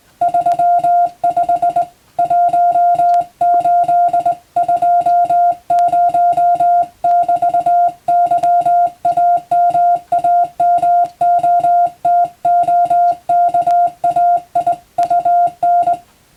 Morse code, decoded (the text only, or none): 35 1820 <BT> YAMAMOTOKAIUN